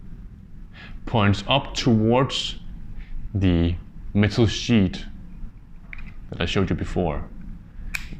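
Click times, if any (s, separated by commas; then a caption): 7.9 s. Someone talks while pushing the spindle piece into its hole in the front assembly of a smart door lock, a keyless fingerprint and touchscreen digital lock. A short, sharp little click at 8.0 s shows the spindle has snapped into place and is seated.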